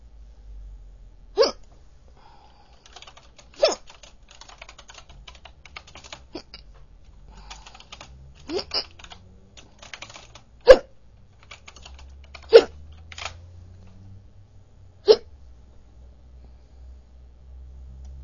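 About eight sharp, abrupt hiccups at irregular intervals over eighteen seconds in an adult, with faint keyboard typing in the background.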